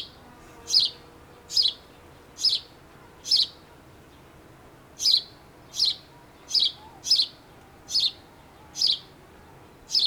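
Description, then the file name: House sparrow chirping persistently, eleven short bright notes mostly under a second apart with one longer pause, over soft background noise. "Passer domesticus"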